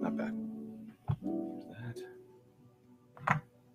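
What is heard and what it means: An FPV camera is pushed into its mount in a drone wing during an electronics install, with music playing throughout and someone talking. A sharp click sounds at 3.3 s, but the camera is still not fully seated.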